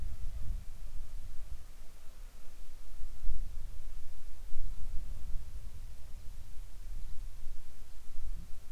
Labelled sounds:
insects
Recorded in the Arctic National Wildlife Refuge, Alaska, on 7 July 2019 at 18:43
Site 41

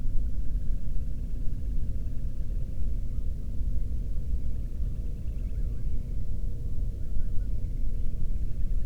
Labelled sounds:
bird
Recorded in the Prudhoe Bay oil fields, Alaska, on 13 June 2019 at 00:32
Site 30

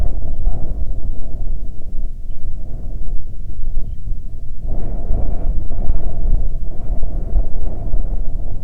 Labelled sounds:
songbird, wind
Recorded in the Prudhoe Bay oil fields, Alaska, on 13 July 2019 at 08:20
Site 16

